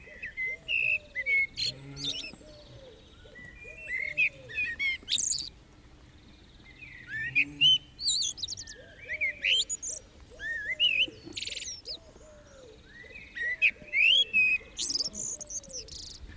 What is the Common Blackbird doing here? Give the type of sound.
song